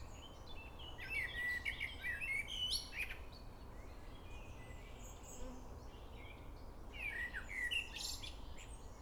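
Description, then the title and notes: Songbird singing quick twittering phrases with fast rising and falling notes, one burst early and another late, against constant low-pitched environmental noise. Evening song, Prioksky district, Nizhny Novgorod, Nizhny Novgorod region, Russia. "Приокский р-н, Нижний Новгород, Нижегородская обл., Россия. Вечернее пение"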